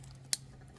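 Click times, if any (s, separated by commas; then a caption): 0.3 s. A plastic wiring-harness connector for a smoked LED tail light on a 2016–2023 Toyota Tacoma is pushed together with the vehicle's harness plug. A single sharp click at 0.3 s stands out over a steady low hum and faint ticks. The click shows the connector is fully engaged.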